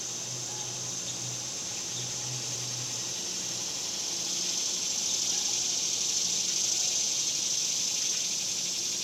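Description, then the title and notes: Cicadas in a continuous high buzzing chorus, steady throughout and swelling slightly louder in the second half, with a faint low hum underneath. Cicadas recorded outdoors in summer in the suburbs. "Ext Summer Cicadas, Suburbs by Bandeto"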